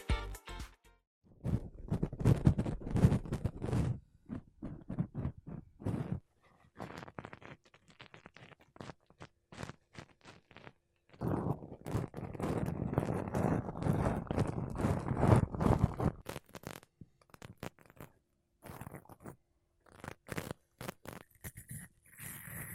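Makeup brushes and a sponge are rubbed over a microphone, making soft, dense scratchy brushing in bursts. Long runs of rough swishing from about 1 to 6 seconds and 11 to 16 seconds alternate with sparser taps, dabs and short crunchy strokes, with brief silent gaps between.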